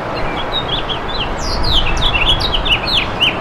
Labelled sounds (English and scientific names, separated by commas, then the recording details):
House Finch (Haemorhous mexicanus) song
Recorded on Long Island, New York, on 11 June 2012
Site HB
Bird D